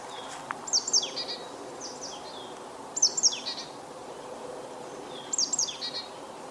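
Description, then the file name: Marsh tit calls: three clusters of sharp, high 'pit' notes that slide into lower, buzzy chattering notes, about every two seconds, over constant rushing background noise. "Poecile palustris"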